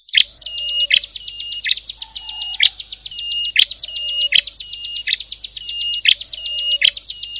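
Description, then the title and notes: Prinia song: a rapid, high pulsing trill with sharp chip notes repeated slightly faster than once a second, and a few soft lower whistles, over a faint low hum. Compilation of ciblek and prenjak birdsong intended for masteran, tutoring captive songbirds. "Kompilasi Suara Ciblek Prenjak Cocok Untuk Masteran. Kicau Burung Prenjak Ciblek"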